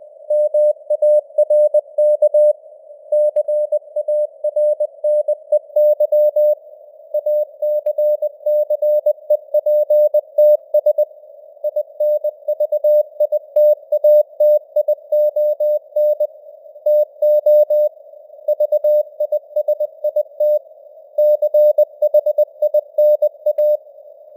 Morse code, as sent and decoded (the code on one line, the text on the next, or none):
-- .- .-. -.- / -.-. .- .-. -. . -.-- / .- -.-. -.-. . .--. - ... / .. -. ...- .. - .- - .. --- -. / - --- / ...- .. ... .. - / -.-. .... .. -. .-
MARK CARNEY ACCEPTS INVITATION TO VISIT CHINA